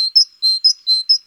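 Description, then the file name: Great tit singing a rhythmic see-saw of high paired notes, repeated three times with short pauses. Garden bird. "Oiseaux-des-jardins-Mésange-charbonnière"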